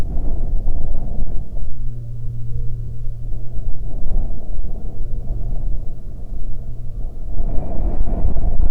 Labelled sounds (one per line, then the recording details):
wind
aircraft
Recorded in the Arctic National Wildlife Refuge, Alaska, on 27 July 2019 at 17:28
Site 40